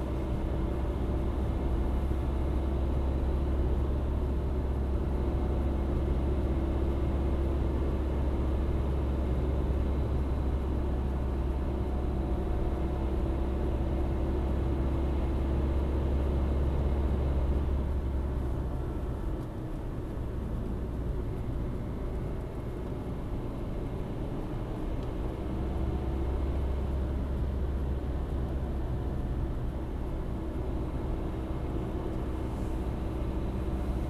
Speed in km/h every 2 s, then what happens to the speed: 70, 71, 72, 73, 73, 72, 70, 71, 70, 70, 64, 62, 63, 65, 65, 66, 68.
0-18 steady at about 71. 18-21 slows to 62. 21-34 steady at about 65.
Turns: none.